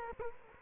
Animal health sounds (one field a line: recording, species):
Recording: mosquito wingbeat signal from an infrared sensor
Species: Culex quinquefasciatus